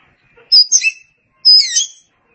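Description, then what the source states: Oriental magpie-robin song in two quick phrases about a second apart, each a sharp high whistle followed by scratchy, tumbling notes. Oriental magpie-robin (kacer) song.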